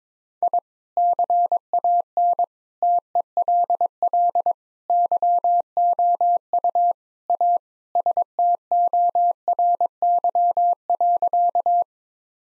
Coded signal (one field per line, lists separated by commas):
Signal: Morse code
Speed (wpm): 22 wpm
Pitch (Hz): 700 Hz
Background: none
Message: I CAN TELL YOU A STORY.